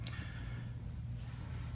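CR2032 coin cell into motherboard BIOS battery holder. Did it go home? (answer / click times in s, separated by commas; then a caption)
no / none. A new CR2032 coin cell is handled and positioned before being fitted into a motherboard BIOS battery holder; it goes in at the side and is then pushed down. A steady low hum runs throughout, with brief small ticks at 0.1 s and 1.8 s. Nothing has seated or clicked yet.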